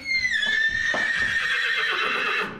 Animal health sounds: contact call of a hoofed animal; horse; whinny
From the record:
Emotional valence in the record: negative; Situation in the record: group separation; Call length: 2.6 s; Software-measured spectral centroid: 2600 Hz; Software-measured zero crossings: 4020 a second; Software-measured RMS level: -24 dBFS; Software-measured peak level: -12 dBFS

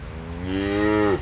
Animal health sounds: contact call of a hoofed animal; cattle; low-frequency (closed-mouth) or high-frequency (open-mouth) call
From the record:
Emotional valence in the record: negative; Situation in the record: full separation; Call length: 1.22 s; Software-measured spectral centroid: 1560 Hz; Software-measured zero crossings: 1280 a second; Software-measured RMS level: -23 dBFS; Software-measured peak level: -8 dBFS

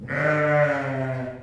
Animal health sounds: contact call of a hoofed animal; sheep; low-frequency (closed-mouth) or high-frequency (open-mouth) call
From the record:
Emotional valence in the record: negative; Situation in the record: short social isolation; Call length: 1.43 s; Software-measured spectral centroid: 1400 Hz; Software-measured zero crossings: 1510 a second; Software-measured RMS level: -23 dBFS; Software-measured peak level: -8 dBFS

